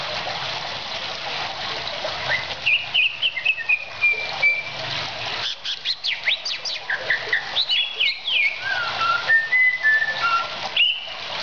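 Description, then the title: Oriental magpie-robin delivering whistled phrases and quick chirps after about two quieter seconds, notes sliding up and down, steady hiss throughout. "Kicau Kacer"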